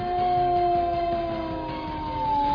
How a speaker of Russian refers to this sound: В этот миг над зоной пронесся дикий, натурально кошмарный вой.